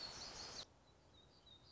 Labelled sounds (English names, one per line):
Black-throated Gray Warbler